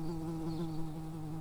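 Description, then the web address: Early bumblebee buzzing: a steady low hum with harmonics, holding its pitch throughout with no pauses. Workers. "Pratorum workers"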